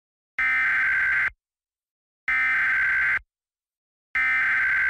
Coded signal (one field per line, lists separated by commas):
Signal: Emergency Alert System (SAME) tones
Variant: header bursts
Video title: EAS Mock: SVR for Cleveland.